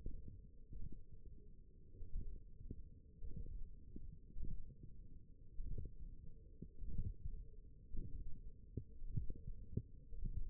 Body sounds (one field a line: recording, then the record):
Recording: forearm muscle sounds (acoustic myography)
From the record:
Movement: tripod grip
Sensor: system 1, eight BSWA MPA416 microphones around the upper forearm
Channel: 3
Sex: female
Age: 21 years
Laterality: right